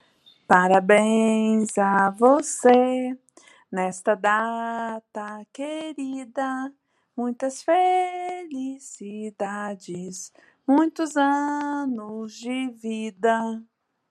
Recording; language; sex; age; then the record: short text; Brazilian Portuguese; female; 30 to 39 years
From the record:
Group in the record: control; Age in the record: 36 years